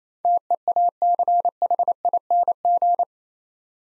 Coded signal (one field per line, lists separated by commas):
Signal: Morse code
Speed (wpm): 27 wpm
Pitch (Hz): 700 Hz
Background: none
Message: TEACHING